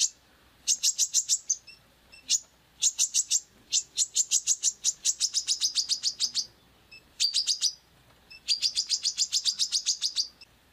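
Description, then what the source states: Wiceh giving bursts of quick, shrill, rattling trills, sometimes slightly falling, with short gaps and a few isolated high notes between. Female (betina) wiceh, described as powerful (dahsyat).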